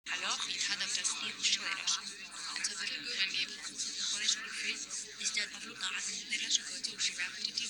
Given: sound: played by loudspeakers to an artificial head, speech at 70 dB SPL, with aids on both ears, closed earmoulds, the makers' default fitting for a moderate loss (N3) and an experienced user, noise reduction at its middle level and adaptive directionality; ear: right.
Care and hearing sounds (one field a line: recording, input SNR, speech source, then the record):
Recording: speech test signal (ISTS) in cocktail-party noise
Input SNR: -6 dB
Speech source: on the right (90 degrees)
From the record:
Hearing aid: class 1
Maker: J